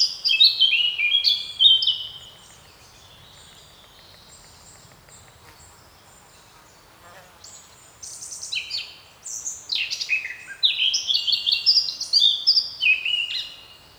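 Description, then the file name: Eurasian blackcap song in two bursts of quick varied warbling notes, separated by about six seconds of quiet background hiss. "Sylvia atricapilla"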